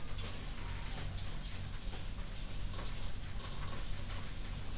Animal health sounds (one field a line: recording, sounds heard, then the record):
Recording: poultry house recording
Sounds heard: healthy chickens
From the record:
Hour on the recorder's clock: 21